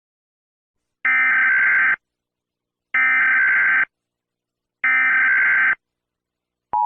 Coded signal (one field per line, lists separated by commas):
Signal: Emergency Alert System (SAME) tones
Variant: header bursts